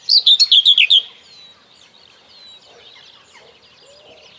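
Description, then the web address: Common whitethroat song: one short phrase of quick, repeated, scratchy notes at the start, then quiet with faint bird calls. "Kurs PTTK Przyroda Ptaki Cierniówka"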